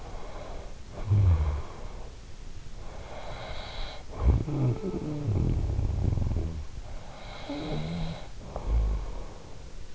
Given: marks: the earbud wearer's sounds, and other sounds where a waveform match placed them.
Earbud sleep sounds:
sounds in sleep by an in-ear microphone; snoring breath
0.01-2.18 s: snoring breath
3.10-6.93 s: snoring breath
7.21-9.95 s: snoring breath

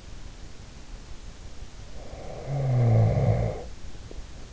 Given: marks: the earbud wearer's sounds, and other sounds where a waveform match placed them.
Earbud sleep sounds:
sounds in sleep by an in-ear microphone; snoring breath
1.89-3.67 s: snoring breath

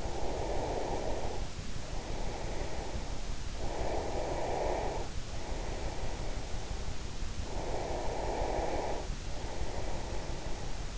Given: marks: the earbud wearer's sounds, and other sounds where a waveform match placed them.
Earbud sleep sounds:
sounds in sleep by an in-ear microphone; breath
0.00-3.44 s: breath
3.49-7.19 s: breath
7.46-10.98 s: breath

